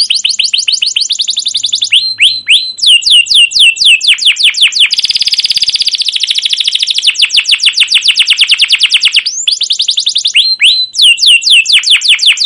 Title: CUIT CUIT NGEROL LANGSUNG GACOR PANJANG Kenari Ini AMPUH Utk Pancingan KENAR. Masteran Suara Burung Kenari Gacor Panjang cuit cuit Ngerol untuk Pancingan Kenari!